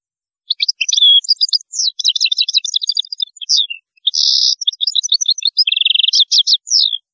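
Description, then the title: European goldfinch in full song: rapid liquid twittering with a harsh buzzy note in the middle and a fast dry trill near the end. "Chant Chardonneret"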